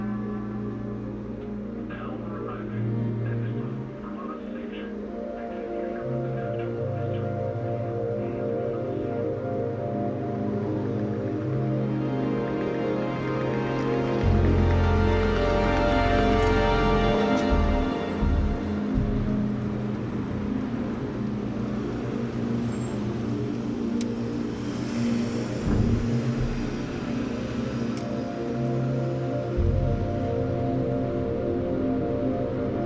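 Traffic and a rumbling ride on public transport blend with sustained synthesizer and organ-like tones, steady and dense, swelling louder around midway.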